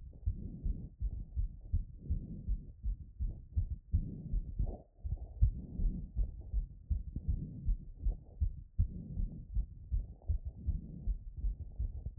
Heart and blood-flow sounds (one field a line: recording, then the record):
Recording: heart sounds by stethoscope after running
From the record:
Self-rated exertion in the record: moderate exertion (3 of 6)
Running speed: 7 mph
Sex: female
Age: 24 years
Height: 163 cm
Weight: 52 kg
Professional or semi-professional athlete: no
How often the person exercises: 1 to 2 times a week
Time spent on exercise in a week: under 1 hour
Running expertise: no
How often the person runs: 1 to 2 times a week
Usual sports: interval training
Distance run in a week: 5 km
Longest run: 3 km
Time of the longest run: 30 minutes